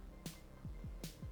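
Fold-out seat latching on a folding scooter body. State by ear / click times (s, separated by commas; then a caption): not seated / none. The stowed fold-out seat of a Honda Motocompacto folding scooter is handled: it is taken out, its latch is loosened and it is flipped toward its locked position. Two sharp broadband knocks are heard at about 0.3 s and 1.0 s, along with low gliding tones that fall from around 200 Hz over a steady low hum. The clip ends before the seat snaps into place, so nothing has seated or clicked yet.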